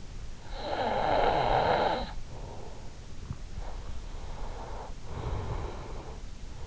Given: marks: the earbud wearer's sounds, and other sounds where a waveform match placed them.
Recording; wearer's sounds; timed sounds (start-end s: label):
sounds in sleep by an in-ear microphone; snoring breath, breath
0.24-2.70 s: snoring breath
3.90-6.59 s: breath